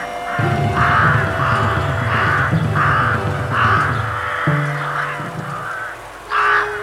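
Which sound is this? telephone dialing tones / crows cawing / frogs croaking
crows cawing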